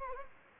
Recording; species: mosquito wingbeat signal from an infrared sensor; Anopheles gambiae